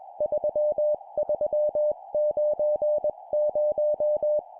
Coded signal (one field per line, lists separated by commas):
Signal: Morse code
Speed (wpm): 21 wpm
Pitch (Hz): 600 Hz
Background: music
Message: 3390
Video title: 20wpm Four letter words number,number,number,number, CW morse code